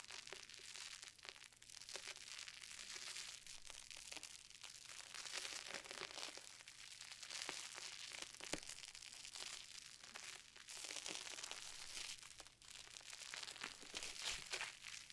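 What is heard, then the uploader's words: Slime is squished and worked by hand in a steady stream of wet, crackly, crinkling sounds, dense and bright, with no pauses across the fifteen seconds. Sharper pops and clicks stand out every second or two, and a faint low hum runs underneath. Satisfying ASMR Slime.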